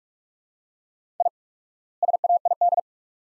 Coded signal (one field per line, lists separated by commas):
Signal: Morse code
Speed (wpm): 42 wpm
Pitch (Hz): 700 Hz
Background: none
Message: I SAID